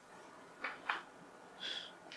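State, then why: Seated. A SwooK matte PU leather hard shell case half is pressed onto the lid of a 13-inch MacBook Pro (2016–2020 release, A2338 M1 / A2289). Two sharp snaps sound at 0.7 s and 0.9 s, followed by a softer rustle and a faint tick near 2.1 s. The case clicks into place and is attached to the lid.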